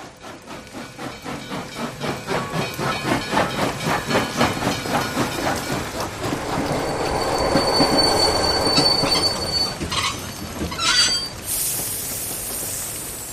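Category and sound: vehicle, train arriving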